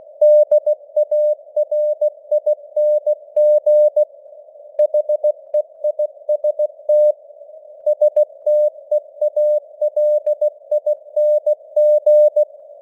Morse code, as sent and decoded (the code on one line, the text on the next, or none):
-.. .- .-. .. -. --. / .... . .. ... - / ... - . .- .-.. .. -. --.
DARING HEIST STEALING